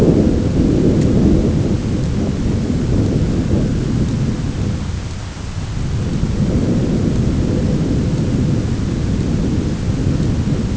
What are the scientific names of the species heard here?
none